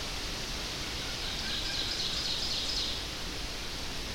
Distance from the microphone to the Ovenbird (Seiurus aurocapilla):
about 50 m